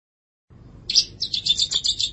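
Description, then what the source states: Long-tailed Shrike giving a brief burst of high, harsh, buzzy notes that run together into a scratchy chatter, with faint low background noise. Dated March 2017 (201703).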